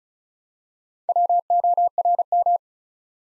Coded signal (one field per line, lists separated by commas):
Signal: Morse code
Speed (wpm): 36 wpm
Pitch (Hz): 700 Hz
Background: none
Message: WORM